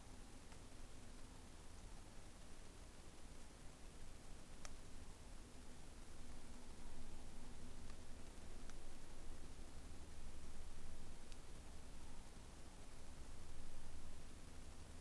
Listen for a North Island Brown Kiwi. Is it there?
no